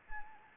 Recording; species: mosquito wingbeat signal from an infrared sensor; Anopheles arabiensis